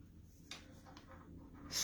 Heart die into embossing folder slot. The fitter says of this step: you can feel it click in place and